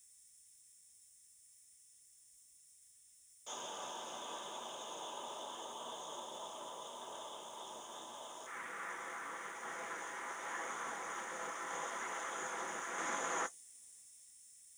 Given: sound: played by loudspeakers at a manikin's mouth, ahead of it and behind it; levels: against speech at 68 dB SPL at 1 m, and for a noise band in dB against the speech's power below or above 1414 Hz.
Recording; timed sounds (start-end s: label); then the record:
test signals for a remote microphone
3.46-8.46 s: speech-spectrum noise from ahead, +10 dB
8.46-13.46 s: speech-spectrum noise from behind, +10 dB
From the record:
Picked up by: remote microphone D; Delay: 24 ms